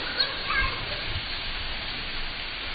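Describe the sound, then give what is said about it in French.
Heavy rain pours down outside an open window in a dense, steady hiss that stays even for the whole stretch, with a few faint, indistinct voices in the background near the start. “Il pleut fort, hein?”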